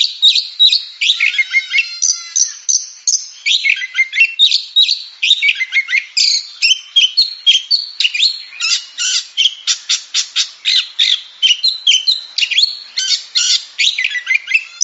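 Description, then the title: Oriental magpie-robin pouring out a long, energetic song of rapid clicks, harsh rattles and high whistled notes, repeated in dense bursts for about fifteen seconds. Champion singing bird. "Kicau Burung Kacer Juara"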